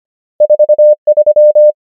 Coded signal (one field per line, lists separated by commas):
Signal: Morse code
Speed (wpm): 25 wpm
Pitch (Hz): 600 Hz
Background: none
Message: 4 3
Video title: morse code practice | 25wpm | 25fw | numbers | ENGLISH